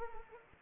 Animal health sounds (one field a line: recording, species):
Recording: mosquito wingbeat signal from an infrared sensor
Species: Anopheles arabiensis